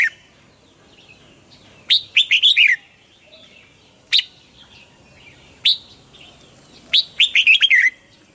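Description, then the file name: Red-whiskered bulbul song, alternating lone bright chirps and busy strings of fast warbled notes, with short gaps between them. Hue strain red-whiskered bulbul singing in the "giọng kép" (double-voice) song style. "Tieng chao mao hue hot giong kep"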